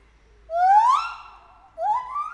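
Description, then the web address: White-handed gibbon calls: two whistled notes, each rising in pitch. The first is long; the second follows after a brief pause. Captive white-handed gibbon at a zoo in Nyíregyháza, 2019; professional recording; calls with shorter and longer pauses between them. "2019 feherkezu gibbon kisebbnagyobbszunetekkel nyiregyhaza"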